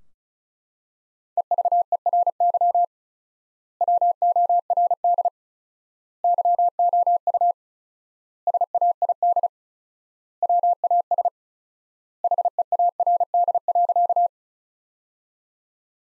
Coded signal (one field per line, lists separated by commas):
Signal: Morse code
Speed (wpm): 36 wpm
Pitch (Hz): 700 Hz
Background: none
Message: EVERY WORD YOU SAID WAS HEARD.